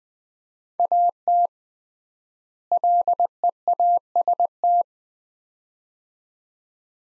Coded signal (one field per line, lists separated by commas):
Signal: Morse code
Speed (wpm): 20 wpm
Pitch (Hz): 700 Hz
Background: none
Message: AT LEAST